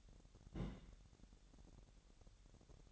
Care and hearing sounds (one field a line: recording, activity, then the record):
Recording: daily activity, microphone in the room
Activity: place on stove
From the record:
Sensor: 3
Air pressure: 1012.0 hPa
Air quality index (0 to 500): 209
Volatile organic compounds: 4 ppm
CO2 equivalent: 1562 ppm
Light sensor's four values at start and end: 114/268/111/101 and 114/268/111/101